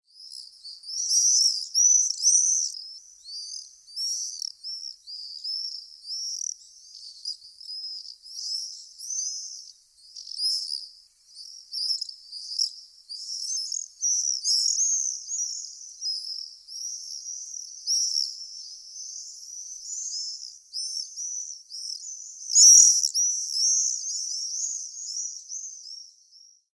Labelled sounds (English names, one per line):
Common Swift